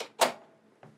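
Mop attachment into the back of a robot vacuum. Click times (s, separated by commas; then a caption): 0.2 s. A plastic mop attachment is clipped onto the back of a Xiaomi Dreame L10 Pro robot vacuum, with a loud, bright snap at 0.2 s as it clicks into place, between a softer knock at the start and a faint tap near 0.8 s. The mop module is seated, and the vacuum is ready with mopping mode enabled.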